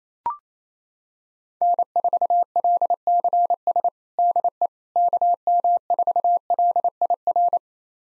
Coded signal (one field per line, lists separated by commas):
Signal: Morse code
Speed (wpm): 28 wpm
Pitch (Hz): 700 Hz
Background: none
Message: N4LCS DE KM4LIR